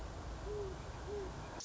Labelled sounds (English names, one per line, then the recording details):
Great Horned Owl
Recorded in Sonoma County, California